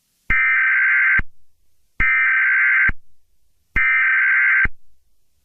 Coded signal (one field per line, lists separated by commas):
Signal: Emergency Alert System (SAME) tones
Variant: header bursts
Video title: EAS Scenario #13: Piggy